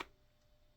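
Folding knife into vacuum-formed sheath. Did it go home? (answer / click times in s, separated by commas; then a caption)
yes / 0.0 s. A folding knife, a Puma Hunter's Pal or Buck 110, is pushed into a vacuum-formed plastic sheath and snaps into its retention with a single sharp click at 0.0 s. The sound then fades to quiet background, and the knife is seated in the sheath.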